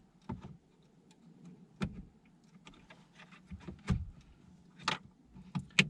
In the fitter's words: Two clicks, the clips.